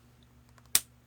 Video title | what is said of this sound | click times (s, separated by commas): Bright Baubles Card Tutorial! Stampin' Up! | All right, it's not fully closed until it's clicked. | 0.8 s